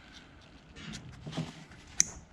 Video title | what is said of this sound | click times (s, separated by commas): 2012 hemi 1500 Sleeper Apple Part 27. Supercharger install prep part 2. Plugs, Coils, Electrical. | There we go. Hear that click now? | 2.0 s